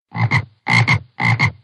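Frog croaking, three loud double-pulsed croaks spaced about half a second apart, each a rough, low, rasping burst.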